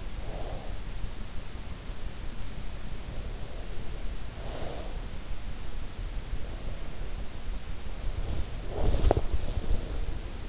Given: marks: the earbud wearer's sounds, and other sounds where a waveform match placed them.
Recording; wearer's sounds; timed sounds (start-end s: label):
sounds in sleep by an in-ear microphone; breath, body movement
0.00-1.06 s: breath
4.18-5.51 s: breath
8.17-10.49 s: body movement